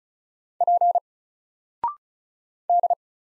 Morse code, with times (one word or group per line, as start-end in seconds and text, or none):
0.6-1.0 P
2.7-2.9 D